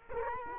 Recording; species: mosquito wingbeat signal from an infrared sensor; Culex quinquefasciatus